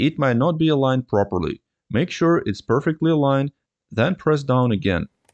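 Someone talks while a popped-off plastic keycap is lined up on its two top hinges, to be pressed down onto a Lenovo Legion laptop keyboard until its two bottom latches lock. Two faint, brief ticks come at about 5.3 s and 5.4 s at the very end. Nothing has seated or clicked into place yet.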